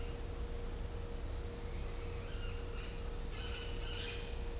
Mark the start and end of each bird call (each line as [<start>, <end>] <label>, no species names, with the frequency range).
[3.32, 4.15] bird call (1.2-4.9 kHz)